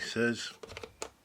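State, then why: Seated. A lens is twisted clockwise onto the metal and plastic bayonet mount of a Canon T50 camera body while someone talks. A few small clicks come before a sharp click at 1.0 s, when the lens locks into place.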